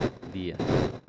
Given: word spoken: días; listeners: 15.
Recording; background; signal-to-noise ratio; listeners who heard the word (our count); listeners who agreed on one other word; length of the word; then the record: one Spanish word in noise, from a listening test; noise modulated by one talker; -8.9 dB; 2 of 15; 13 of 15; 0.69 s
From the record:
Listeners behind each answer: 13, 2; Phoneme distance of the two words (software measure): 7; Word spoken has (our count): 2 syllables, 4 phonemes, stress on syllable 1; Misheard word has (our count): 2 syllables, 3 phonemes, stress on syllable 1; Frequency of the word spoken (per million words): 492.55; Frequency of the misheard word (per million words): 727.07